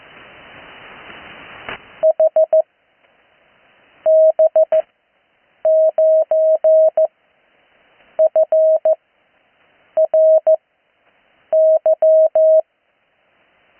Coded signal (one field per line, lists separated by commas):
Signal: Morse code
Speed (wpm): 14 wpm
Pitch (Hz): 630 Hz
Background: none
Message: HB9FRY